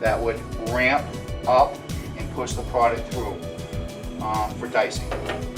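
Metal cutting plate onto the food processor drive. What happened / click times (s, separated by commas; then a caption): The plate is handled but has not yet locked; no seating click / none. A metal cutting plate is handled onto the drive of a Univex food processor, where it will twist-lock in place and ramp up to push the product through. Someone talks over music throughout. Nothing has seated or clicked yet.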